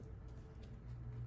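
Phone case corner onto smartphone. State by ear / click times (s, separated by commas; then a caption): not seated / none. The corner of a thin, tight-fitting aramid Pitaka MagEZ 4 case is pressed back onto an iPhone 15 Pro Max. Only a steady low hum is heard, with a faint brief tick at about 0.0 s. The corner has not seated or clicked yet.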